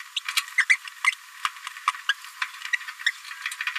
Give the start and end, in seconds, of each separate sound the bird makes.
0.16-0.20, 0.58-0.65, 0.69-0.76, 1.06-1.11, 2.09-2.13, 2.42-2.45, 2.73-2.76, 2.88-2.90, 3.06-3.11